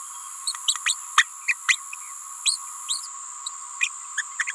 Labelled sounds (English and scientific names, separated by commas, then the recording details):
Green-rumped Parrotlet (Forpus passerinus) babbling
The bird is a female
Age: 28 days
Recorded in a nest box in Venezuela
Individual 17B31A3